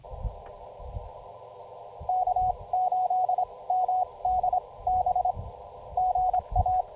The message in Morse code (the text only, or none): K8MDB GA